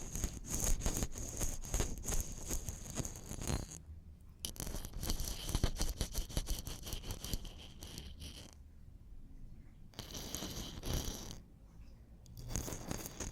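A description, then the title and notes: Hard and soft stabs hit the microphone in dense, irregular bursts, each one a close, crunchy knock with a scraping edge and a bright ringing tone on top. Short quiet gaps break the flurry near four, nine and eleven seconds. ASMR Intense hard and soft stabs on the microphone (without speaking).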